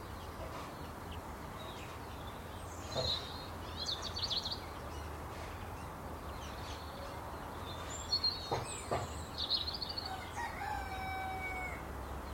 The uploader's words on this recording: Relax to the exquisite song of a robin singing in a country garden at dawn on Christmas Eve – with a chorus of next door's chickens for company. Song of a robin at dawn.